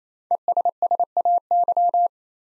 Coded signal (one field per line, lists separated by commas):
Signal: Morse code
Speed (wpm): 29 wpm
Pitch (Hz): 700 Hz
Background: none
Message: ESSAY